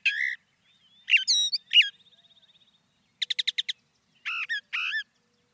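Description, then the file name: Brown thrasher song: varied phrases, a thin buzzy trill, a quick burst of clicking notes, then a phrase given twice, on a quiet background. "suara-kicauan-brown-thrasher 2-omkicau"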